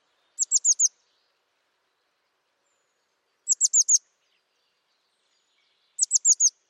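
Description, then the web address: Bird call: three bursts of four rapid, high-pitched, down-slurred chirps, spaced roughly two and a half to three seconds apart, with silence between. "Deverinetal 2025. Bird Only"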